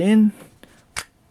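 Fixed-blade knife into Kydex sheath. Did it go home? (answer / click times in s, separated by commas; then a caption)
yes / 1.0 s. Someone talks briefly, then a fixed-blade knife is pushed into a moulded Kydex plastic sheath, with a faint tick at 0.6 s. A sharp snap at 1.0 s marks the sheath's retention catching over the blade, and the knife is seated.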